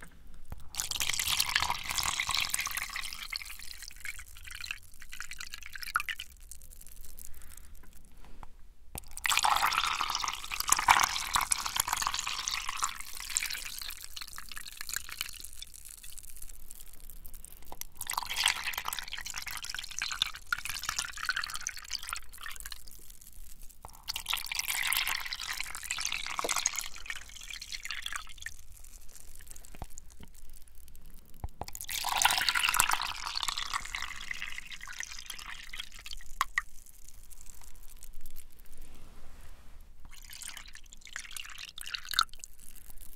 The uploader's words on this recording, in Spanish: Sonidos muy relajantes de gotas cayendo, pulverizadores de agua y más.